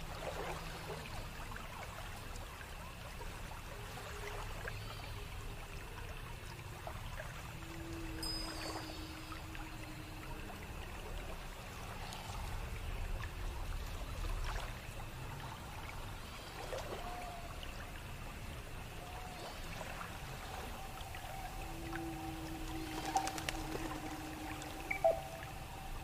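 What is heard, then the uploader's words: Water flows and swirls steadily throughout, with a low rushing bed and a thin constant tone running above it. Brief tonal dips and gurgles surface every few seconds, and a couple of sharper splashes or clicks stand out near 23 and 25 seconds. Celestial night in mystic forest asmr ambience | enchanted forest pond sounds NO MUSIC. Calming water sound (flowing/dipping/swirling).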